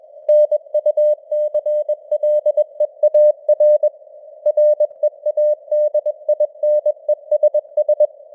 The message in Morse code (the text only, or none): NUCLEAR READINESS